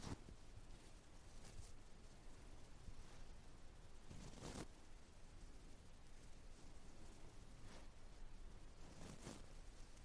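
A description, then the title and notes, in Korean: Muffled ear-touching sounds fill the clip, a dense, steady rustle and rub that sits low and full. Brighter brushing swipes stand out at moments, near 0, 1.5, 4.5, 8.5 and 9.2 seconds, each a quick scratchy burst against the constant soft friction. No talking 말없이 귀에 먼지 털어내기 ear touching sound.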